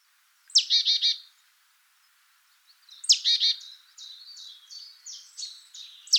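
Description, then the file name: Great tit calling: a harsh buzzy chattering burst, another a few seconds later, then a series of short descending chirps. "Parus major"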